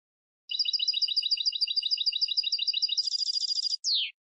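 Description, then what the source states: European goldfinch song: long fast trill of repeated high twitters, switching to a dense buzzy burst, then a single sharp descending note. Clean goldfinch song for song training by copying.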